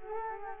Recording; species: mosquito wingbeat signal from an infrared sensor; Culex quinquefasciatus